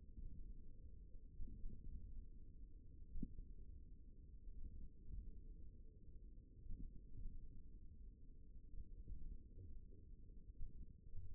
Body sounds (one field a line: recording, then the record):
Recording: forearm muscle sounds (acoustic myography)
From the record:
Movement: finger pinch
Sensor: system 1, eight BSWA MPA416 microphones around the upper forearm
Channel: 1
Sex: male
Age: 54 years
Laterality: right